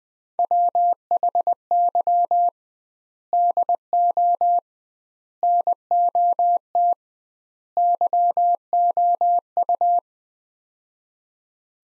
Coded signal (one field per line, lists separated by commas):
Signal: Morse code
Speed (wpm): 21 wpm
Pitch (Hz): 700 Hz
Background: none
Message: WHY DO NOT YOU